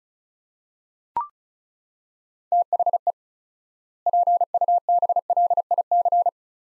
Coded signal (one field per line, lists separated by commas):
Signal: Morse code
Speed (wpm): 36 wpm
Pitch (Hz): 700 Hz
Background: none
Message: THE PUBLIC